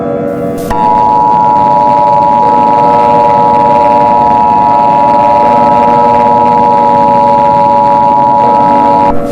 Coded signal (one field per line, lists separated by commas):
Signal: Emergency Alert System (SAME) tones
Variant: 853 and 960 Hz attention tone